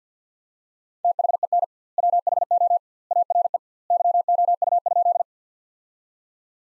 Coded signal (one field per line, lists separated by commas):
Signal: Morse code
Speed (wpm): 48 wpm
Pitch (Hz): 700 Hz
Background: none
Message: THEN WHO ARE YOU?